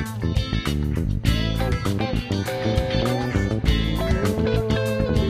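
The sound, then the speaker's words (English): Saturated French touch funk plays continuously, with a heavy, driving bass line and punchy rhythmic hits under bright, gritty harmonic layers. Loud and dense throughout, with no voices. “This is French Touch Funk. A bit saturated. Bring in that bass.”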